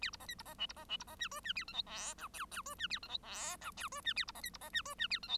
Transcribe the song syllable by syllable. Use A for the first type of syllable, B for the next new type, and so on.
A B C D B C E B C E B C F G F A H I J K L L G F A H I J K L G F A B C D B C F G F A H I